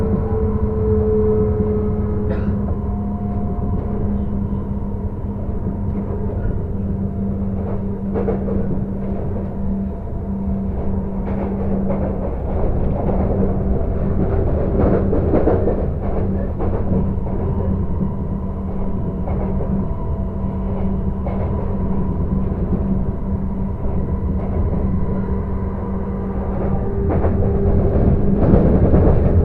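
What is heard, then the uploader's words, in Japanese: A train ride: a steady, heavy low rumble runs throughout, with a sustained motor hum holding a fixed pitch. Brief clicks and rattles from the tracks come irregularly, and a higher whining tone rises near the start and again near the end. 耳で楽しむ鉄道旅 武蔵小杉→二俣川→大和。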